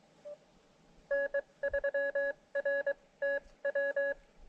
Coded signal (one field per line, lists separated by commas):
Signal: Morse code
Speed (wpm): 23 wpm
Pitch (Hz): 1700 Hz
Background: none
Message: N3RTW